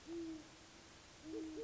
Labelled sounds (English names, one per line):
Great Horned Owl